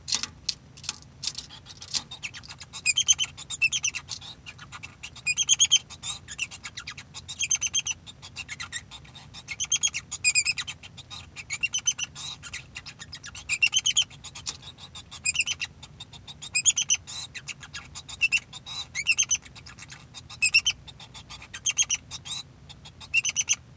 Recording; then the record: song of a male Bengalese finch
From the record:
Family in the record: son of father 2